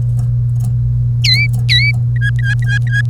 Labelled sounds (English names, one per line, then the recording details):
Domestic Canary song
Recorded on 1 May 2018 at 08:53
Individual llb3